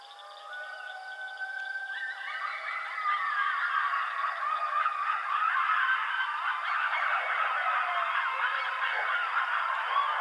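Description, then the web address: Coyote howl: a long steady rising tone that breaks into a dense chorus of overlapping wavering yips and howls that continues loudly. Recorded 4 April 2006. "Coyote 2006 04 04 howl"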